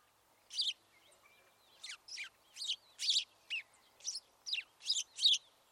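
House sparrow chirps, a loose series of harsh notes.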